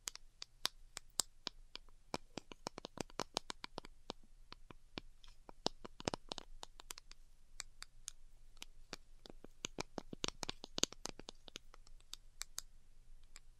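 Delicate tapping, a quick string of light, crisp clicks that arrive irregularly throughout, sometimes in tight clusters and sometimes spaced apart. Each tap is sharp and bright with almost no tail. A faint low hum sits steadily underneath.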